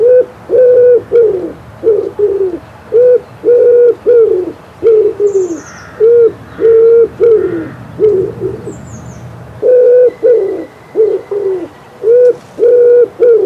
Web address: Przyroda Ptaki Grzywacz